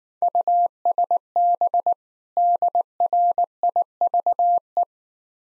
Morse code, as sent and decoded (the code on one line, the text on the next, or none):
..- ... -... / -.. .-. .. ...- .
USB DRIVE